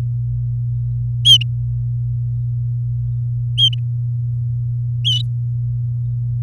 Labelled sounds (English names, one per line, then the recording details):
Domestic Canary song
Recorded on 4 May 2018 at 10:28
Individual llb16